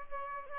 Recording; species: mosquito wingbeat signal from an infrared sensor; Aedes albopictus